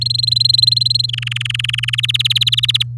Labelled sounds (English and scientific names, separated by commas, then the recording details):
Domestic Canary (Serinus canaria) song
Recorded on 8 May 2018 at 09:07
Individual llb16